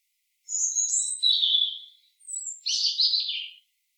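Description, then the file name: European robin song: two phrases of high sliding, warbling notes, the second opening with a thin whistle before a dense burst of warbling notes. "Erithacus rubecula"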